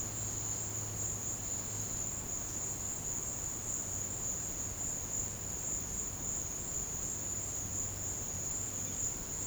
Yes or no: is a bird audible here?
no